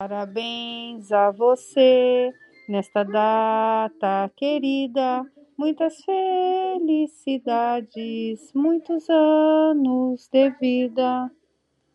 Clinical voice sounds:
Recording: short text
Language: Brazilian Portuguese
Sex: female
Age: 40 to 49 years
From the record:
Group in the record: control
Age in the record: 47 years

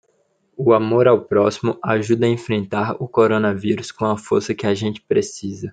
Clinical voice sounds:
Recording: spoken sentence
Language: Brazilian Portuguese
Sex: male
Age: 20 to 29 years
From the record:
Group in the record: control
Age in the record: 21 years

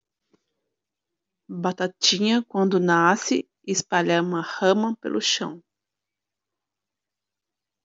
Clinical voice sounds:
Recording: short text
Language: Brazilian Portuguese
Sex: female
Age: 50 to 59 years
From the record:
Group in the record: control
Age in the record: 56 years

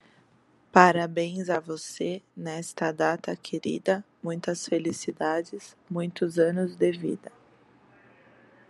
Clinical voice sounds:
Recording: short text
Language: Brazilian Portuguese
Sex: female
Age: 30 to 39 years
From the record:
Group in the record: control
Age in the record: 30 years

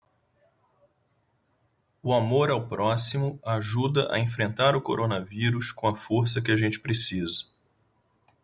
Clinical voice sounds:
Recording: spoken sentence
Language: Brazilian Portuguese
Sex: male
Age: 40 to 49 years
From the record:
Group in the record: control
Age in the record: 45 years

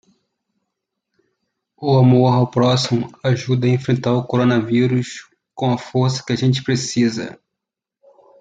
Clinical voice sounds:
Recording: spoken sentence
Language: Brazilian Portuguese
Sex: male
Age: 40 to 49 years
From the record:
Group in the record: control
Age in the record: 41 years

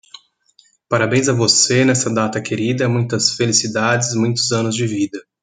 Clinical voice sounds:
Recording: short text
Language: Brazilian Portuguese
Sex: male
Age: 30 to 39 years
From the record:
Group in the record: control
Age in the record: 31 years

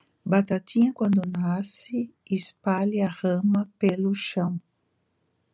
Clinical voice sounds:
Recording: short text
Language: Brazilian Portuguese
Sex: female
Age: 60 to 69 years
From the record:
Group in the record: control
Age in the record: 66 years

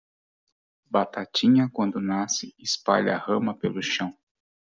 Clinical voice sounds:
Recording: short text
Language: Brazilian Portuguese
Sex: male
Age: 50 to 59 years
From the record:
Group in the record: control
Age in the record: 55 years

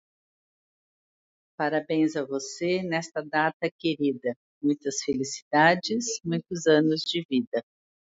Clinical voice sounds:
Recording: short text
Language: Brazilian Portuguese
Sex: female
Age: 60 to 69 years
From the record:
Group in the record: control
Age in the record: 62 years

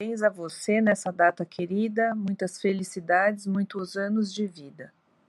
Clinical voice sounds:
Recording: short text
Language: Brazilian Portuguese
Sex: female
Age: 50 to 59 years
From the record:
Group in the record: control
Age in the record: 53 years

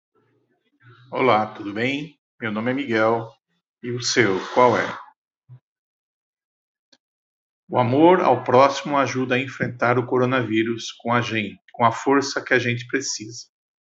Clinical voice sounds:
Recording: spoken sentence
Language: Brazilian Portuguese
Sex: male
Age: 50 to 59 years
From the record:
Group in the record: control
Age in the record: 53 years

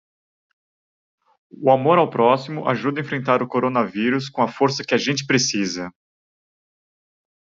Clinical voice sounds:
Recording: spoken sentence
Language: Brazilian Portuguese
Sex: male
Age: 40 to 49 years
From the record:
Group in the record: control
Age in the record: 40 years

